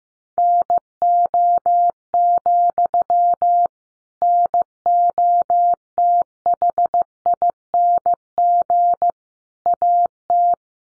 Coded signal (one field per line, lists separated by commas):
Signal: Morse code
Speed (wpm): 15 wpm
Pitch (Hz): 700 Hz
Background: none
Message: NO, NOTHING AT